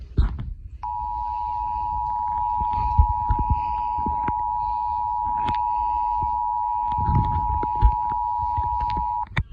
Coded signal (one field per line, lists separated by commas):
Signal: Emergency Alert System (SAME) tones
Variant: 853 and 960 Hz attention tone